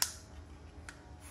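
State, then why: Seated. An interchangeable head attachment is slid onto the body of a Ryobi battery multi-tool and seats with a sharp, bright click at 0.0 s. A much fainter tick follows at 0.9 s over a low, quiet background.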